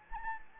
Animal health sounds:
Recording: mosquito wingbeat signal from an infrared sensor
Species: Anopheles gambiae

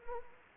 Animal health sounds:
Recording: mosquito wingbeat signal from an infrared sensor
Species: Anopheles arabiensis

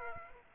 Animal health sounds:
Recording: mosquito wingbeat signal from an infrared sensor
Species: Aedes aegypti

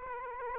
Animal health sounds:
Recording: mosquito wingbeat signal from an infrared sensor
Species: Aedes aegypti

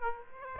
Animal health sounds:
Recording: mosquito wingbeat signal from an infrared sensor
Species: Aedes aegypti

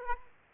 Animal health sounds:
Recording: mosquito wingbeat signal from an infrared sensor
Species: Aedes aegypti

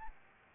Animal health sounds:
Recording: mosquito wingbeat signal from an infrared sensor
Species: Aedes albopictus

